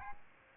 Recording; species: mosquito wingbeat signal from an infrared sensor; Aedes albopictus